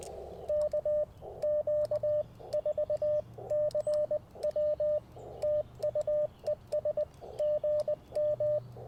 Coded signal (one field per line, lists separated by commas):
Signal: Morse code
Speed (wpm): 20 wpm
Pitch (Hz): 600 Hz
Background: radio noise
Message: KQ4CW TU ES GM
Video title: QRP CW at Tuskegee National Forest - 1/28/24